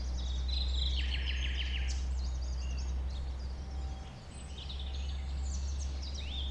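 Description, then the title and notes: Common nightingale song with a rapid rattling trill of repeated notes and assorted whistles, with other birds and a strong low droning background. A nightingale settled with a few others on the banks of a stream forming a pond 1500 m from the A20, recorded around 8 am on Sunday 12 April. "Un Rossignol Envers Et Contre Tout. un rossignol venu avec quelques autres s'installer sur les rives d'un ruisseau formant un étang à 1500 mètres de l'A 20. Ces moments ont été enregistrés vers 8h le dimanche 12 avril"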